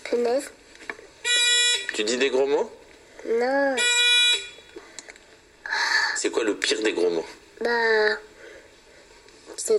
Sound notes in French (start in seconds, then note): 1.3 sonnerie; 3.8 sonnerie